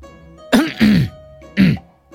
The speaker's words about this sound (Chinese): 殷侯咳嗽了一声，赶忙凑到展昭身边。